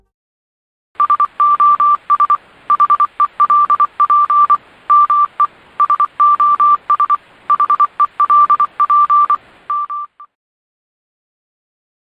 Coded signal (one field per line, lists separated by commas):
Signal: Morse code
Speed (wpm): 24 wpm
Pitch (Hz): 1180 Hz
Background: none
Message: SOS HELP ME SOS HELP M